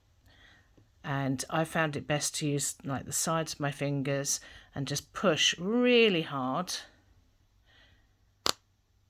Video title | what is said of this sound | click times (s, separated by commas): Rag Doll week 3 | and you can hear the clicks that's not quite all the way in so I'm just going to make sure | 8.5 s